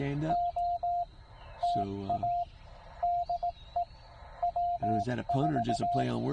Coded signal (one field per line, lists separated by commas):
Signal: Morse code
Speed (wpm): 18 wpm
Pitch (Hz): 700 Hz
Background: speech, radio noise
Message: OTA DE W4